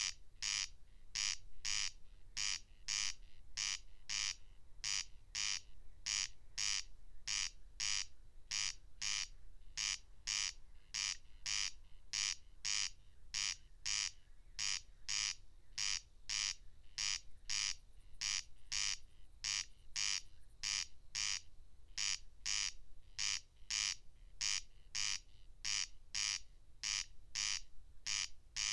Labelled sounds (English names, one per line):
Corn Crake song